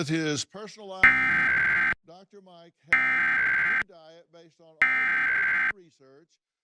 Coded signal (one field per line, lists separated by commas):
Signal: Emergency Alert System (SAME) tones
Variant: header bursts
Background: speech